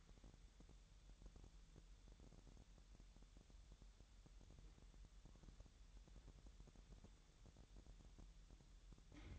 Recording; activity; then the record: daily activity, microphone in the room; wipe stove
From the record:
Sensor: 3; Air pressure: 1000.8 hPa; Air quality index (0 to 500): 248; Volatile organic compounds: 177 ppm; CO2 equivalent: 4133 ppm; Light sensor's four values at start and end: 12/28/12/11 and 12/28/12/11